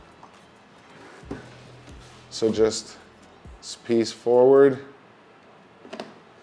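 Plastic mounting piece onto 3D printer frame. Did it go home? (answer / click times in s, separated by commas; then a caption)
yes / 5.9 s, 6.0 s. A plastic mounting piece on a Creality Ender 3 S1 Pro 3D printer frame is slid forward and then pressed down into its mount while someone talks. A quick double tick at 5.9 and 6.0 seconds marks the piece snapping into place, seated.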